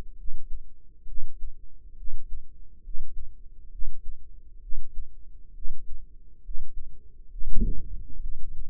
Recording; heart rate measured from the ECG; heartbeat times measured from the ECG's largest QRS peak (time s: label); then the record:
heart sounds by microphone in the right ear; 67 bpm
0.15 s: heartbeat
1.05 s: heartbeat
1.95 s: heartbeat
2.82 s: heartbeat
3.69 s: heartbeat
4.59 s: heartbeat
5.52 s: heartbeat
6.41 s: heartbeat
7.28 s: heartbeat
8.19 s: heartbeat
From the record:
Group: healthy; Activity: cold pressor test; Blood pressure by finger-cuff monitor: 109/71 mmHg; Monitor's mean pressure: 83 mmHg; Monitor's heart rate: 67 bpm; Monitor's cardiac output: 5.3 L/min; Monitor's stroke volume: 78 mL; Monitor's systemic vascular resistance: 1150 dyn s/cm5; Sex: female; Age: 22 years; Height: 160 cm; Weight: 45 kg